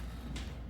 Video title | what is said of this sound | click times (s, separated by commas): Mackenzie Printery Niagara Falls Parks | until we hear a click there we go so you just applied 200 pounds of pressure per square inch | 0.4 s